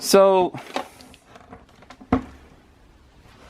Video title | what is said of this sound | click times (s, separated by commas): Jurassic World Dominion: Super Colossal Giganotosaurus/Review | I might have to try to fix that off camera because I'm not hearing a snap. | none